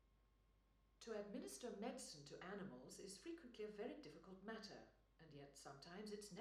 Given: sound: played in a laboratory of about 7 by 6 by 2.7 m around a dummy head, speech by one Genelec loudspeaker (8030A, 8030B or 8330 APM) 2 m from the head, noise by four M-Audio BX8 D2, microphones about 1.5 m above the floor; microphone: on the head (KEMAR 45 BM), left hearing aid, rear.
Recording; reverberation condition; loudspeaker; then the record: female speech in English; medium; 90 degrees to the left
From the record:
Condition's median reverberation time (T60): about 510 ms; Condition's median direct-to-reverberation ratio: about -0.5 dB